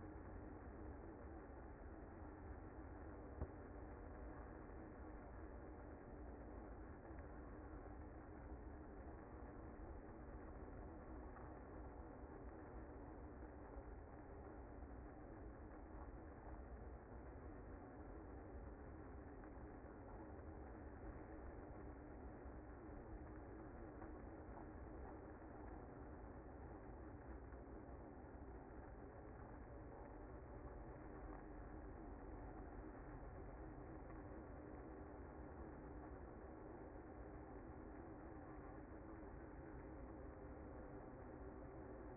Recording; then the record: honeybee colony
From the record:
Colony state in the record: active